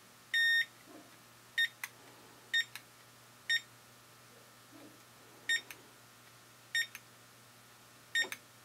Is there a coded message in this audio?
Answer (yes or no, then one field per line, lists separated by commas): no